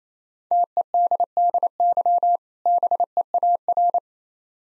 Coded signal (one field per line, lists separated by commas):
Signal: Morse code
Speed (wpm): 27 wpm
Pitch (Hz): 700 Hz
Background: none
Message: TEDDY BEAR